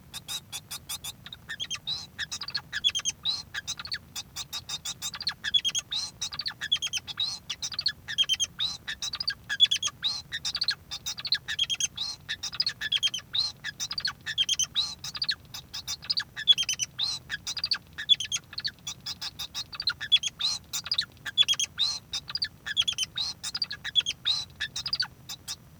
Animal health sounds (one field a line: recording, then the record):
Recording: song of a male Bengalese finch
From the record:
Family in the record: son of father 2